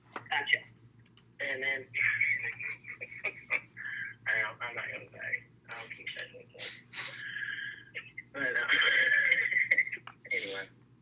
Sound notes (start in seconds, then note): 2.4 laughter; 8.7 laughter